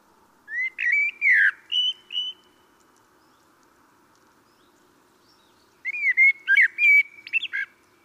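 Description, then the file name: Common blackbird with two melodious phrases of slurred whistles and brief higher notes, separated by a few seconds of quiet. "Turdus merula"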